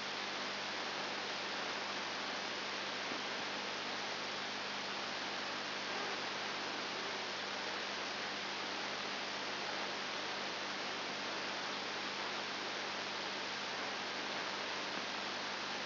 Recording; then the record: brain microelectrode recording played as sound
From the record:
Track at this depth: outside the subthalamic nucleus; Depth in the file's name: 6.9 mm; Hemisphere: left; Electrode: 2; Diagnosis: Parkinson's disease